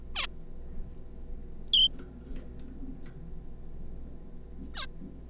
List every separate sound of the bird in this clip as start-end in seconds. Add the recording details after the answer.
0.15-0.26, 1.72-1.89, 4.74-4.86. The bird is a juvenile. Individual R3549